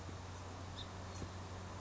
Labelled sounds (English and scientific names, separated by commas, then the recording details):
House Finch (Haemorhous mexicanus)
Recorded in Sonoma County, California